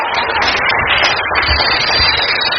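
An audience at a church worship service applauds loudly in praise of God, a dense, steady wash of many hands clapping at once, sustained at an even level for a few seconds with no voices standing out.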